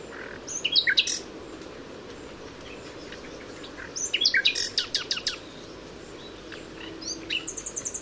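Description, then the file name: Common nightingale song: two bursts of sharp rising notes and rapid repeated strokes, then a fast high trill near the end. "Luscinia megarhynchos"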